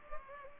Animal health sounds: mosquito wingbeat signal from an infrared sensor; Culex pipiens

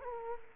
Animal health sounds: mosquito wingbeat signal from an infrared sensor; Culex quinquefasciatus

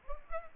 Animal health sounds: mosquito wingbeat signal from an infrared sensor; Culex pipiens

